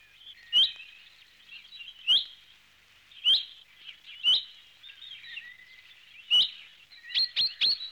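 Finch song: soft, twittering warble with sharp clicking notes repeated every second or two, ending in a quick cluster of clicks.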